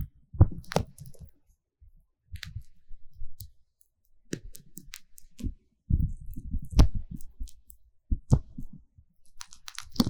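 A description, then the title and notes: Vaseline being massaged over an ear makes soft, squelching, rubbing sounds that come in short irregular bursts with brief silent gaps. The rubs are mostly low and muffled, with occasional sharper wet clicks and crackles, and the busiest stretches fall around six and eight seconds. 凡士林耳朵按摩. Vaseline Ear massage Sounds | NoTalking.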